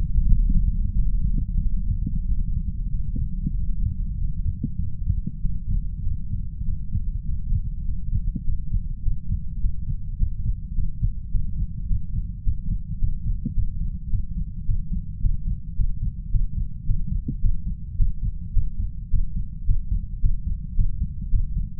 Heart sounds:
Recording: heart sounds by stethoscope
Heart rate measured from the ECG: 103 bpm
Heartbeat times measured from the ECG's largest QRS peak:
0.26 s: heartbeat
0.93 s: heartbeat
1.59 s: heartbeat
2.25 s: heartbeat
2.90 s: heartbeat
3.54 s: heartbeat
4.16 s: heartbeat
4.78 s: heartbeat
5.40 s: heartbeat
6.02 s: heartbeat
6.63 s: heartbeat
7.23 s: heartbeat
7.83 s: heartbeat
8.42 s: heartbeat
9.01 s: heartbeat
9.59 s: heartbeat
10.16 s: heartbeat
10.73 s: heartbeat
11.29 s: heartbeat
11.86 s: heartbeat
12.42 s: heartbeat
12.97 s: heartbeat
13.53 s: heartbeat
14.08 s: heartbeat
14.64 s: heartbeat
15.20 s: heartbeat
15.75 s: heartbeat
16.29 s: heartbeat
16.84 s: heartbeat
17.39 s: heartbeat
17.96 s: heartbeat
18.52 s: heartbeat
19.09 s: heartbeat
19.64 s: heartbeat
20.19 s: heartbeat
20.74 s: heartbeat
21.29 s: heartbeat
From the record:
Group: healthy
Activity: Valsalva maneuver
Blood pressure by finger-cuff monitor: 113/83 mmHg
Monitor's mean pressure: 91 mmHg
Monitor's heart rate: 105 bpm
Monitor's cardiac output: 6.9 L/min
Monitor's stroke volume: 66 mL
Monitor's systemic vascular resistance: 960 dyn s/cm5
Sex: male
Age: 33 years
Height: 179 cm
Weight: 80.4 kg

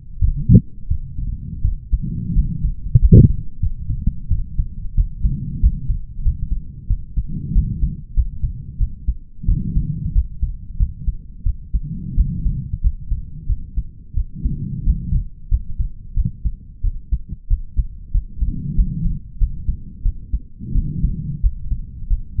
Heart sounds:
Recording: heart sounds by stethoscope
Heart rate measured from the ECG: 90 bpm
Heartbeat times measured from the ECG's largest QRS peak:
0.20 s: heartbeat
0.89 s: heartbeat
1.62 s: heartbeat
2.34 s: heartbeat
3.00 s: heartbeat
3.60 s: heartbeat
4.29 s: heartbeat
4.95 s: heartbeat
5.61 s: heartbeat
6.23 s: heartbeat
6.88 s: heartbeat
7.53 s: heartbeat
8.14 s: heartbeat
8.78 s: heartbeat
9.46 s: heartbeat
10.13 s: heartbeat
10.77 s: heartbeat
11.44 s: heartbeat
12.15 s: heartbeat
12.82 s: heartbeat
13.47 s: heartbeat
14.15 s: heartbeat
14.84 s: heartbeat
15.49 s: heartbeat
16.14 s: heartbeat
16.82 s: heartbeat
17.48 s: heartbeat
18.12 s: heartbeat
18.75 s: heartbeat
19.38 s: heartbeat
20.03 s: heartbeat
20.73 s: heartbeat
21.41 s: heartbeat
22.08 s: heartbeat
From the record:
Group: healthy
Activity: rest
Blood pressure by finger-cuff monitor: 100/73 mmHg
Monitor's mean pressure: 81 mmHg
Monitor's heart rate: 90 bpm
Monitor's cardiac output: 6.3 L/min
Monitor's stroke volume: 70 mL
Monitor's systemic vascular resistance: 910 dyn s/cm5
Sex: male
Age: 20 years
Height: 187 cm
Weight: 68.9 kg

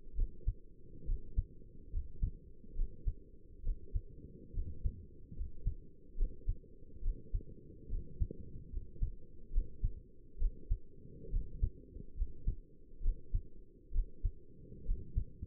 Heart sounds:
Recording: heart sounds by stethoscope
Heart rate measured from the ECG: 69 bpm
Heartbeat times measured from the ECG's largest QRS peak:
0.17 s: heartbeat
1.07 s: heartbeat
1.92 s: heartbeat
2.76 s: heartbeat
3.64 s: heartbeat
4.54 s: heartbeat
5.36 s: heartbeat
6.18 s: heartbeat
7.03 s: heartbeat
7.90 s: heartbeat
8.72 s: heartbeat
9.53 s: heartbeat
10.40 s: heartbeat
11.32 s: heartbeat
12.17 s: heartbeat
13.03 s: heartbeat
13.94 s: heartbeat
14.86 s: heartbeat
From the record:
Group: healthy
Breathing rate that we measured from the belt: 18 breaths a minute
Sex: male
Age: 22 years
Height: 181 cm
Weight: 79 kg

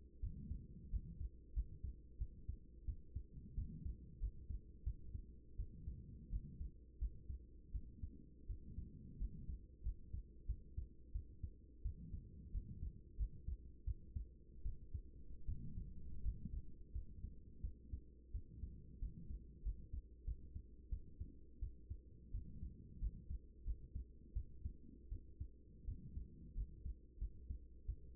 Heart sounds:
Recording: heart sounds by stethoscope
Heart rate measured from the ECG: 87 bpm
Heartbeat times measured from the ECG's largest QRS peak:
0.21 s: heartbeat
0.91 s: heartbeat
1.54 s: heartbeat
2.18 s: heartbeat
2.85 s: heartbeat
3.55 s: heartbeat
4.20 s: heartbeat
4.84 s: heartbeat
5.57 s: heartbeat
6.30 s: heartbeat
6.99 s: heartbeat
7.72 s: heartbeat
8.47 s: heartbeat
9.19 s: heartbeat
9.83 s: heartbeat
10.46 s: heartbeat
11.12 s: heartbeat
11.82 s: heartbeat
12.52 s: heartbeat
13.17 s: heartbeat
13.85 s: heartbeat
14.63 s: heartbeat
15.46 s: heartbeat
16.23 s: heartbeat
16.92 s: heartbeat
17.61 s: heartbeat
18.32 s: heartbeat
19.00 s: heartbeat
19.63 s: heartbeat
20.25 s: heartbeat
20.90 s: heartbeat
21.60 s: heartbeat
22.31 s: heartbeat
23.00 s: heartbeat
23.64 s: heartbeat
24.33 s: heartbeat
25.09 s: heartbeat
25.85 s: heartbeat
26.55 s: heartbeat
27.19 s: heartbeat
27.86 s: heartbeat
From the record:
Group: healthy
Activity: rest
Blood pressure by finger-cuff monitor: 138/65 mmHg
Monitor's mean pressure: 89 mmHg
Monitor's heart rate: 86 bpm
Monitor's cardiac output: 8.7 L/min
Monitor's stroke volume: 100 mL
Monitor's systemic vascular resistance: 750 dyn s/cm5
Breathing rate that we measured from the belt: 19 breaths a minute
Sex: female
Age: 24 years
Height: 163 cm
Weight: 55.7 kg

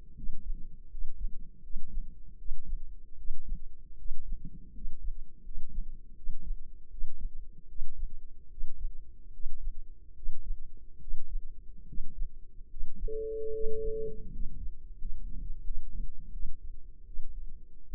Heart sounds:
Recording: heart sounds by microphone in the left ear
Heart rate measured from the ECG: 78 bpm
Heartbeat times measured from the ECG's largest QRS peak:
0.13 s: heartbeat
0.87 s: heartbeat
1.60 s: heartbeat
2.35 s: heartbeat
3.14 s: heartbeat
3.95 s: heartbeat
4.71 s: heartbeat
5.41 s: heartbeat
6.13 s: heartbeat
6.87 s: heartbeat
7.65 s: heartbeat
8.47 s: heartbeat
9.30 s: heartbeat
10.12 s: heartbeat
10.97 s: heartbeat
11.84 s: heartbeat
12.66 s: heartbeat
13.50 s: heartbeat
14.29 s: heartbeat
14.95 s: heartbeat
15.61 s: heartbeat
16.30 s: heartbeat
17.04 s: heartbeat
17.86 s: heartbeat
From the record:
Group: healthy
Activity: rest 0-13 s, breath hold 13-18 s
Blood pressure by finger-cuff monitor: 100/59 mmHg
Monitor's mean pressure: 68 mmHg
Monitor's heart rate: 75 bpm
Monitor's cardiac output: 5.6 L/min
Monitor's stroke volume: 72 mL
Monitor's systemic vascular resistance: 870 dyn s/cm5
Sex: male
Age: 20 years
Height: 167 cm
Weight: 61 kg

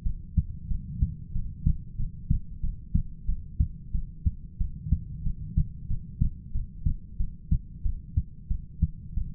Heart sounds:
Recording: heart sounds by stethoscope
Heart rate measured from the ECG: 92 bpm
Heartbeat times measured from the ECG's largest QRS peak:
0.04 s: heartbeat
0.69 s: heartbeat
1.34 s: heartbeat
1.98 s: heartbeat
2.62 s: heartbeat
3.27 s: heartbeat
3.93 s: heartbeat
4.59 s: heartbeat
5.24 s: heartbeat
5.89 s: heartbeat
6.53 s: heartbeat
7.18 s: heartbeat
7.84 s: heartbeat
8.49 s: heartbeat
9.15 s: heartbeat
From the record:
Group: heart failure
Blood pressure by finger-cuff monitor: 90/55 mmHg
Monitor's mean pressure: 67 mmHg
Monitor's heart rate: 92 bpm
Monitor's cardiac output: 8 L/min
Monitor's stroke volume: 86 mL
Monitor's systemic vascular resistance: 590 dyn s/cm5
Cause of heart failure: ischemic heart disease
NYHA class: 1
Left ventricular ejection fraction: 38%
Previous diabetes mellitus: present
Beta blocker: bisoprolol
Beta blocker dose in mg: 15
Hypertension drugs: sacubitril-valsartan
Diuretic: furosemide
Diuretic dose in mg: 20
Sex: male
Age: 33 years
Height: 172 cm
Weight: 78.5 kg

